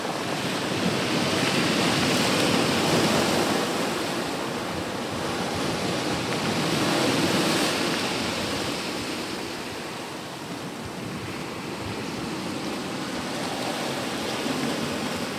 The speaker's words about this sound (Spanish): Y era por la noche, es decir, que llevé allí, me fui con el ordenador, con el micrófono, esta tarjeta de sonido, y hice esa grabación, ¿no? Si cerráis los ojos, visualizáis perfectamente. Tú no. Salen las olas por las piedras y tal.